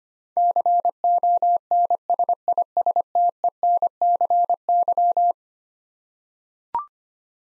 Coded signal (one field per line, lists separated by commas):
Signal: Morse code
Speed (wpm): 25 wpm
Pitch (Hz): 700 Hz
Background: none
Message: CONSISTENCY